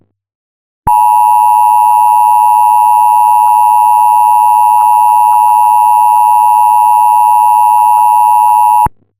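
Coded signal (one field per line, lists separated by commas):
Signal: Emergency Alert System (SAME) tones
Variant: 853 and 960 Hz attention tone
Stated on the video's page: Part of a fictional EAS scenario.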